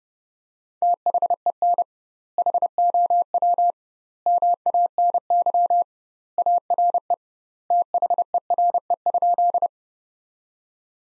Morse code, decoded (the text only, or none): THEN HOW MANY ARE THERE?